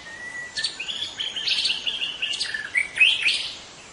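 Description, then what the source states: White-rumped shama giving a long steady whistle, then a rapid flowing run of varied clear notes and buzzy trills, ending with bright rising whistles. In forest.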